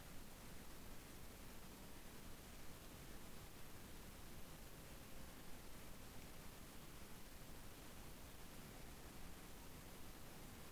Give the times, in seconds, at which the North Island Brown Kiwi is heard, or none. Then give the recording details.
none. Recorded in New Zealand on 7 January 2015. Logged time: 23:58. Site BX23